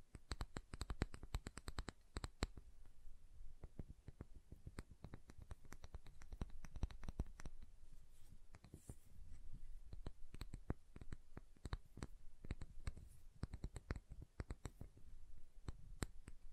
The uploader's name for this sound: SoftHard Soap Tapping and Carving